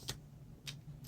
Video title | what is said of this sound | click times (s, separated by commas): Used Traxxas Stampede 4x4 and Rustler Unboxing! Missing parts, broken motors - Can they be saved? | Now this should be a tight fit, and well, it's a little bit tight, but it snapped right in anyway, so I guess we're good. | 0.1 s